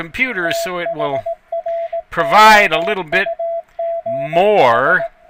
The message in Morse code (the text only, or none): THROUGH